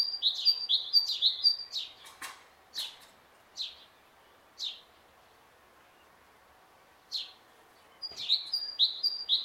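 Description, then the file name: Great tit song: short bursts of repeated two-note phrases at start and end, separated by a few sharp clicks and isolated notes. "Parus major"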